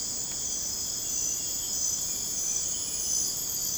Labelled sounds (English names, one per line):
none